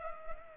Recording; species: mosquito wingbeat signal from an infrared sensor; Culex pipiens